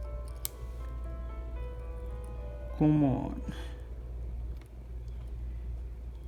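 During reassembly in an iPhone SE (model A1662) screen replacement, small internal parts are pressed into the phone, and a sharp click is heard at 0.5 s as one seats. Someone talks afterward over a steady low hum, and the part is seated.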